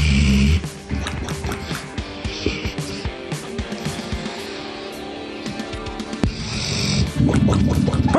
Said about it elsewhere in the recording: This is a dog snoring. He's snoring loud, and then you got that sound at the end. It's a big fella, right? My God, is he out.